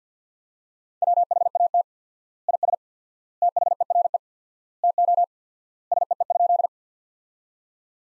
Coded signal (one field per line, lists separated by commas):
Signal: Morse code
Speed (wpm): 50 wpm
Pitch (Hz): 700 Hz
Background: none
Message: WHAT IS THERE TO SEE?